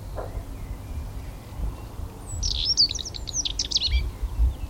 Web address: canti sterpazzolina moltonii